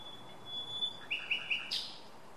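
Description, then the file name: Common nightingale song: a long pure whistled note, then three rich repeated notes and a harsh final flourish. "Luscinia megarhynchos"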